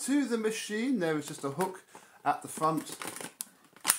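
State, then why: Seated. Someone talks while fitting the dust bin assembly of a Tineco A10 Hero cordless vacuum, hooking it at the front and pushing it into the vacuum body. A sharp click at 3.9 s shows the dust bin seated in place.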